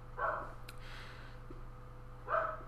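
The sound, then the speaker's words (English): A dog barks twice, short mid-pitched yelps spaced about two seconds apart, over a steady low electrical hum with no talking. “Dogs. Never get a dog.”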